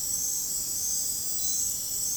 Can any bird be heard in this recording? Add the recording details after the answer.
no. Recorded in dense forest near Puerto Asís, Putumayo, Colombia, on 29 June 2025 at 21:00. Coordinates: 0.503, -76.323. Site G059